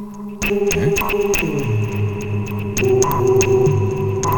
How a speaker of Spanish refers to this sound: Claro, estás jugando con un filtro, con dos osciladores, que uno modula al otro, o sea, es como un modular, ¿no? Es un sintetizador modular.